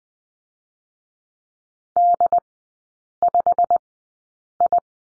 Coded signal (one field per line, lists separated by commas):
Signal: Morse code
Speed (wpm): 20 wpm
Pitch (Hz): 700 Hz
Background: none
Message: D5I